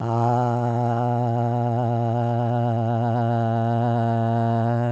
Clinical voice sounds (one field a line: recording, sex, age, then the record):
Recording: sustained vowel /a/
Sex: male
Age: 60 to 69 years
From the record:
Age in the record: 65 years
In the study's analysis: excluded